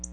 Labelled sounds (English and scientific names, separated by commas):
Black-throated Blue Warbler (Setophaga caerulescens) flight call